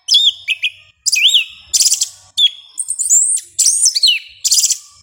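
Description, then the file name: Yellow-legged thrush song: quick clear whistled phrases, sharply slurred up and down, delivered in short bursts with brief gaps between them. "Canto do sabia una"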